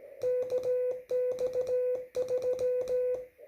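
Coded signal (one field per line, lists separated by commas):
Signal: Morse code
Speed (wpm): 16 wpm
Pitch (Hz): 500 Hz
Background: none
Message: KX3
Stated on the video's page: Slow-speed CW contact, QRP.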